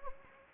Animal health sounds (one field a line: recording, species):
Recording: mosquito wingbeat signal from an infrared sensor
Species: Anopheles gambiae